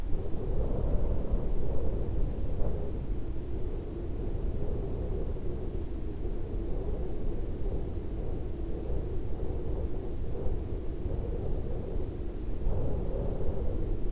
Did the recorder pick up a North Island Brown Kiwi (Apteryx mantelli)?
no